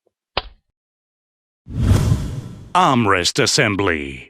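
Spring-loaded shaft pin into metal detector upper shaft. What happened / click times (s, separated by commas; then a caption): The spring pin clicked into the shaft hole / 0.4 s. On a Minelab Xterra 705 metal detector, the middle shaft is slid into the upper shaft until its spring-loaded pin pops out into an adjustment hole, giving a sharp click at 0.4 s that shows the pin has seated. After a short silence, a soft whooshing rustle follows, and then someone talks.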